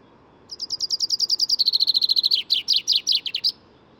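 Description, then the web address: Common chaffinch song: a fast trill of high notes descending slightly, then a run of lower, stronger notes ending in a brief flourish, over quiet background hiss. "SETE Fringilla coelebs"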